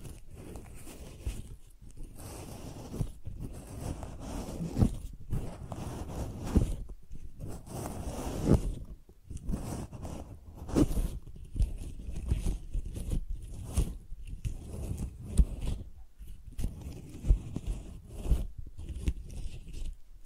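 Tingly flower sounds: soft crinkling and rustling handled in short bursts, with brief quiet gaps between them. The sound sits mostly low and soft, with occasional brighter crisp scratches and small ticks scattered throughout, irregular but continuous over the twenty seconds.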